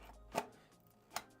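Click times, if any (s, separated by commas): 1.2 s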